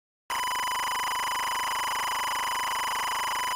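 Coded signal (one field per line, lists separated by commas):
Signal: timecode audio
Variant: SMPTE LTC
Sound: a steady, harsh, raspy buzz around 1 kHz that lasts about three seconds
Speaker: to generate time code just press play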